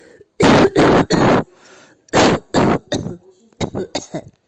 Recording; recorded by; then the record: voluntary cough; messaging app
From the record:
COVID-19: negative